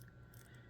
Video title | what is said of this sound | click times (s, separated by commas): Build #1302 - Mig 29 ABRZ - Humbert | And you'll back the crown off the threads until you hear it and feel it clicking. | 0.0 s, 0.1 s, 0.3 s, 0.4 s